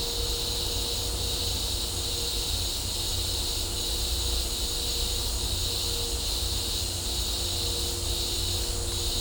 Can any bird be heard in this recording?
no